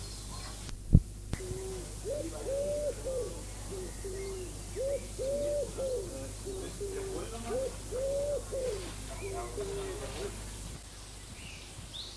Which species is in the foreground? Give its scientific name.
Columba palumbus